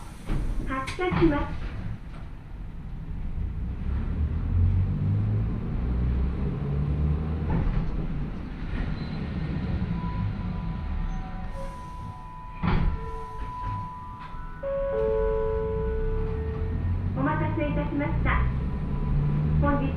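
A train with old-style nose-suspended traction motors growls loudly as it runs, a heavy low rumble with steady clattering throughout. Midway, whining motor tones rise and shift in pitch, and short knocks and clanks recur near the start, middle and end.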